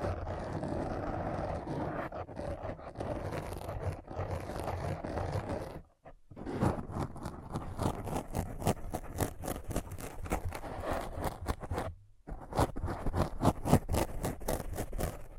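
A thorough scratch: dense, raspy scraping that runs almost continuously, made of quick, irregular strokes that grow more distinctly rhythmic after the first few seconds. The sound cuts out briefly around six seconds and again near twelve before the scratching resumes.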